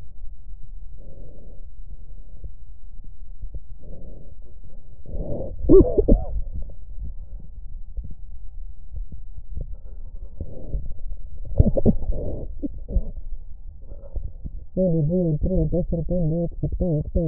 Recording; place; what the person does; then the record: lung sounds by stethoscope; left posterior basal chest; quiet breathing, then cough and speech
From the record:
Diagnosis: interstitial lung disease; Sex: female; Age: 70 years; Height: 160 cm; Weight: 93 kg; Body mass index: 36.3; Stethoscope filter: extended mode